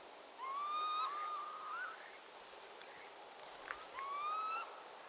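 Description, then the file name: Northern lapwing calls: a rising whistled note, then softer lower slurred notes, a couple of faint clicks, and another rising whistle near the end. "czajki"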